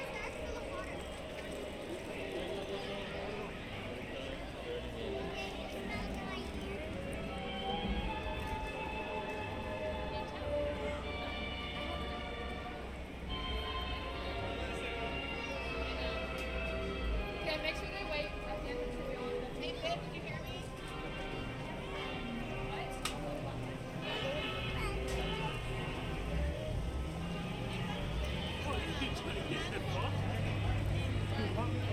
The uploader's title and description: Disneyland Park Binaural Walk Through. A relaxing audio journey through Disneyland park in Anaheim, California.